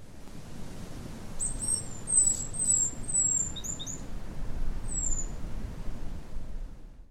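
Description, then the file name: Great tit calls: a run of very high, thin, slightly descending notes in a quick series, with a final lone note, over low rumbling background noise. "Parus major"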